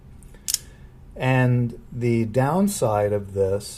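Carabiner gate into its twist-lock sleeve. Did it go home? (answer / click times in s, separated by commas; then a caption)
yes / 0.2 s, 0.5 s. A metal twist-lock carabiner gate, released by twisting its sleeve and then let go, springs back into place with clicks at 0.2 s and 0.5 s, and the sleeve locks by itself. Someone then talks.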